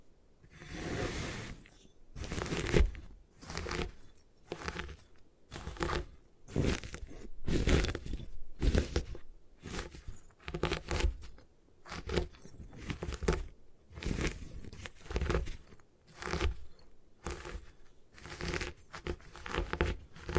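Gym chalk being crushed and crumbled in repeated crunchy, gritty bursts, roughly one or two per second, with brief gaps between them.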